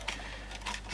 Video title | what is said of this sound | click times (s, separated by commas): JVC 5 inch CRT TV Service and Taiwanese Clone | they click. Yeah, that's it. | 0.1 s